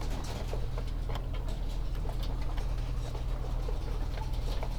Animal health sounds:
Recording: poultry house recording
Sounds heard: healthy chickens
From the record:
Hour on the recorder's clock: 14

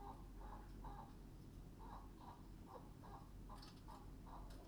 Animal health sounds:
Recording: poultry house recording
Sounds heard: healthy chickens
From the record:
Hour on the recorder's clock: 21

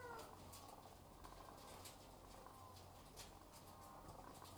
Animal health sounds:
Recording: poultry house recording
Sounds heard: sick chickens (respiratory disease)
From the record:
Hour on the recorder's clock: 12

